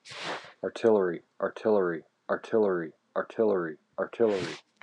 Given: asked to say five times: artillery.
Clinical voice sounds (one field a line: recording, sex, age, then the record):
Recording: repeated word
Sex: male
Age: 40 to 49 years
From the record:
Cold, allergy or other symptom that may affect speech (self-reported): no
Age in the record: 41 years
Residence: Indiana, United States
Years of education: 15